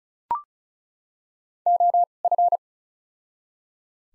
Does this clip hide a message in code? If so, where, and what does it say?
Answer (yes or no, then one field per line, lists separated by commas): yes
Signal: Morse code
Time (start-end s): 1.7-2.6 s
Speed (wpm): 36 wpm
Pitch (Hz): 700 Hz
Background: none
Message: O F